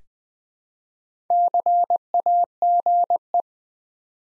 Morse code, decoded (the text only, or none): CAGE